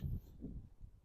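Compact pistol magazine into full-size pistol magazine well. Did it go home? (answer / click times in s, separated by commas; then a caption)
no / none. A compact-length magazine is pushed into the magazine well of a full-size Sig 320 pistol, making a dull low thud in the first fifth of a second and a softer rub around 0.4–0.6 s before fading into quiet. The magazine does not go all the way up, and nothing has seated or clicked.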